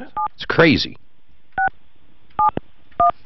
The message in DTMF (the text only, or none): 7671